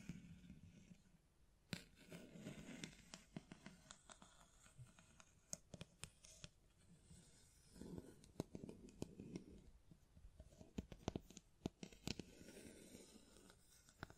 Tapping, Scratching, Mic Brushing, Hand Sounds